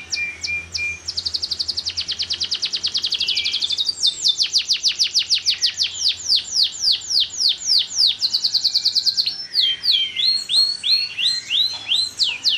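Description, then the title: Canary song, a long run of fast, bright trills and rolling phrases that change speed and pitch, with sweeping whistled notes near the end. Kalitan-style canary, active ('gacor') singing with a long song (suara panjang). "Kenari Kalitan Gacor Suara Panjang"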